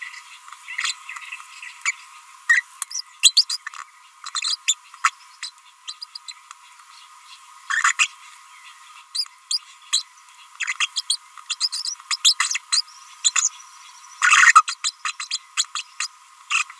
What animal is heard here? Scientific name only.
Forpus passerinus